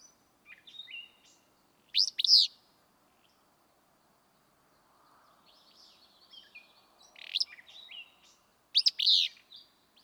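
Willow flycatcher repeating its sneezy, buzzy song three times, with soft high notes between.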